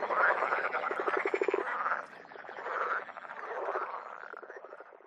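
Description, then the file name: Water frog croaks as fast rattling pulses, some deeper and clipped, overlapping in a chorus that rises and fades in loudness. "grenouille verte"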